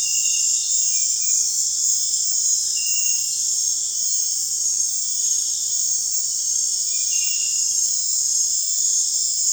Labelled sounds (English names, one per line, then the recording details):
none
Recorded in dense forest near Puerto Asís, Putumayo, Colombia, on 23 June 2025 at 20:30
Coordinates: 0.468, -76.322
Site GP03